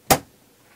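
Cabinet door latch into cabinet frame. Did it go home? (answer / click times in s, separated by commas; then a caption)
yes / 0.1 s. A cabinet door in a 2005 Holiday Rambler Navigator motorhome (12.7L Detroit Series 60, 500+ hp, RoadMaster S chassis) is pushed shut, and its latch clicks into the cabinet frame. A single sharp, bright click lands at 0.1 s and fades quickly into near silence. The door latches and seats firmly in place.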